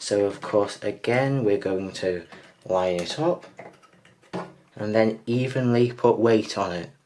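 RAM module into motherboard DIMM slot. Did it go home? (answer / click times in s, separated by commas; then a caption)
no / none. A second Corsair Vengeance RGB Pro RAM stick is lined up in its motherboard DIMM slot and pressed down with even weight while someone talks, with a faint brief tap near 4.1 s. Nothing has seated or clicked yet.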